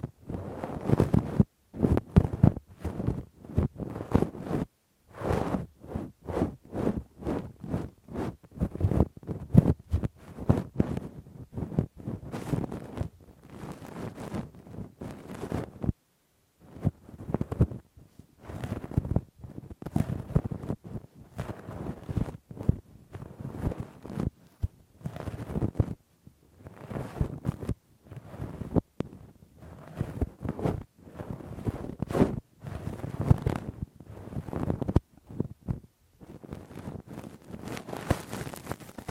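Rough, deep ear cleaning with a Q-tip and ear pick, heard as a dense run of scratchy, rubbing strokes that crackle from a low thump up into a bright hiss. The strokes come fast and uneven throughout, with only brief silent gaps between bursts.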